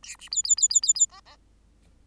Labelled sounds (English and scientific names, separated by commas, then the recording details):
Bengalese Finch (Lonchura striata domestica) song
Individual Bird8